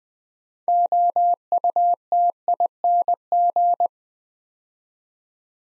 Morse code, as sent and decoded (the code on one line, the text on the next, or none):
--- ..- - .. -. --.
OUTING